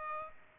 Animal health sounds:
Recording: mosquito wingbeat signal from an infrared sensor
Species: Aedes aegypti

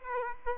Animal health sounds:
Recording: mosquito wingbeat signal from an infrared sensor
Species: Aedes aegypti

